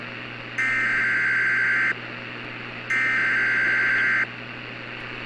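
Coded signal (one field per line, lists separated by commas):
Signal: Emergency Alert System (SAME) tones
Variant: header bursts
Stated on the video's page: Recreation of a flash flood emergency alert.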